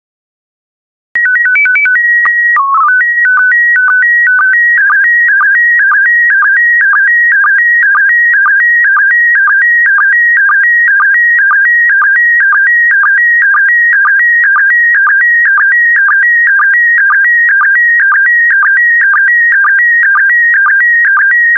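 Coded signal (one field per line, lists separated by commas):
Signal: SSTV (slow-scan television)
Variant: PD120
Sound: short calibration tones, then a steady warbling tone with regular ticking sync pulses, about two per second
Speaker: Get ready. Starting transmission in 5, 4, 3, 2, 1. Transmission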